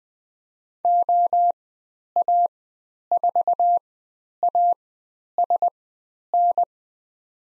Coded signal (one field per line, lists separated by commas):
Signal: Morse code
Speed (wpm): 20 wpm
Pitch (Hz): 700 Hz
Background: none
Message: OA4ASN